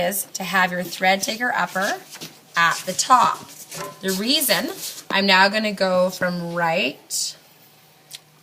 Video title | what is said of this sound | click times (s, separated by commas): Threading new machine | to left and I gotta click it in and if you see it's clicked into that circle now I | 8.1 s